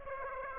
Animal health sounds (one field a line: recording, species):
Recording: mosquito wingbeat signal from an infrared sensor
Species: Aedes aegypti